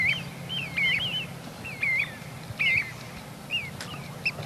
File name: Corriere Piccolo